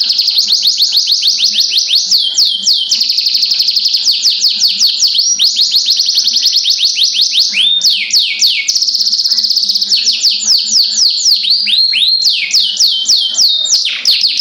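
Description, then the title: Oriental magpie-robin delivering an unbroken, high-pitched chattering song of quick downward-sweeping notes, with small variations in speed and pitch throughout. Long-duration recording of song, over an hour. "Kicau Kacer"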